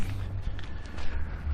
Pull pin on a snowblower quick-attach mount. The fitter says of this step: pin pull that out lock that into place it's gonna go